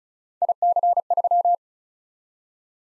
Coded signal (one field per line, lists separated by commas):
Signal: Morse code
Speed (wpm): 36 wpm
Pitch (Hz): 700 Hz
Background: none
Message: IC3